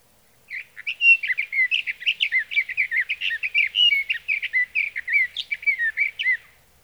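Sage thrasher song, a long continuous warble of rapid varied notes, chirps and slurs running for about six seconds without a break, steady and musical.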